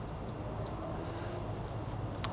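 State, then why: Not seated. A wiring harness connector, likely the transmission control module connector, is pushed onto its module on a 2017 Silverado during CAN bus diagnosis of a no-start with gauge dropouts. Over a steady low hum, a brief sharp tick is heard at about 2.2 s. The locking latch will not go fully down, and nothing has seated or clicked yet.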